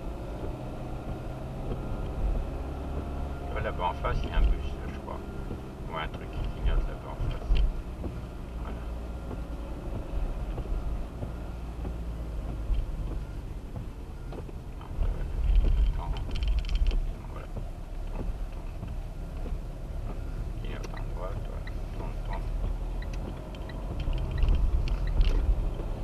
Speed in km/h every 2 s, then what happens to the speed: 35, 36, 33, 30, 30, 28, 23, 19, 17, 18, 19, 24, 28.
0-9 steady at about 33. 9-15 slows to 17. 15-20 steady at about 18. 20-26 speeds up to 28.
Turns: 16-20.